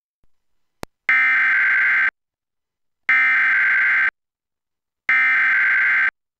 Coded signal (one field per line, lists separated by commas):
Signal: Emergency Alert System (SAME) tones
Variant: header bursts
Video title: (Clear QAM 29.12) Comcast/Xfinity EAS Tornado Warning (October 9th 2024)